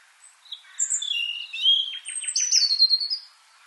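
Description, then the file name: European robin song: a rapid jumble of high thin whistles and trills, with a short rattling series in the middle, lasting about three seconds. "Erithacus rubecula"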